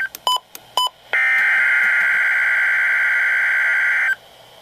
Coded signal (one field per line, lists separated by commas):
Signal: Emergency Alert System (SAME) tones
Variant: header bursts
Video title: Severe Thunderstorm Watch 510 [EAS 442-444] | NOAA Weather Radio (7/24/2012)